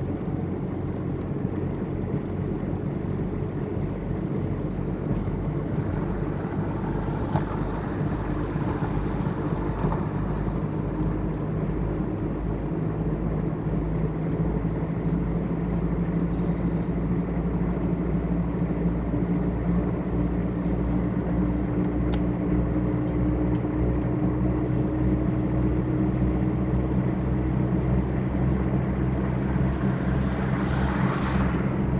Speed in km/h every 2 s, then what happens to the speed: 58, 59, 61, 62, 64, 66, 67, 69, 71, 73, 75, 77, 79, 81, 82, 82.
0-32 speeds up to 82.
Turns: none.